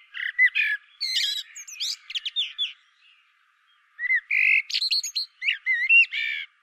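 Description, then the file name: Common blackbird singing two rich fluted phrases broken by a short silence, each mixing in thin, scratchy high notes. "Turdus merula"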